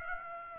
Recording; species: mosquito wingbeat signal from an infrared sensor; Aedes aegypti